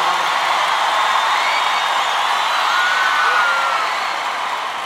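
A crowd applauds and cheers steadily for two guests from Peru for the whole stretch, a dense, loud wash of clapping with faint whoops and whistles rising above it, easing off slightly at the end.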